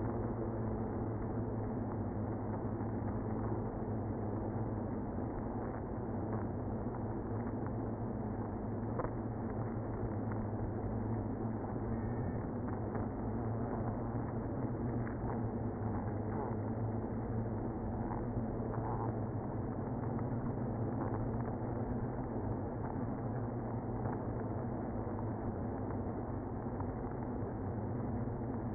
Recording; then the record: honeybee colony, microphone inside the hive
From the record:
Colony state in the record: queenless (queen removed); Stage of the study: after two queens were removed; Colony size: about 60,000 bees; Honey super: yes